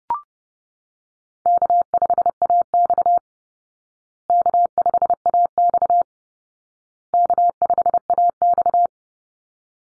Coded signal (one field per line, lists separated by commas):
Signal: Morse code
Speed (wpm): 30 wpm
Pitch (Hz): 700 Hz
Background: none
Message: K5AX K5AX K5AX